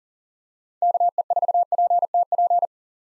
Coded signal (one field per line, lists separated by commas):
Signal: Morse code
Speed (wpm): 40 wpm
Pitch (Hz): 700 Hz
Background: none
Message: KE4PTP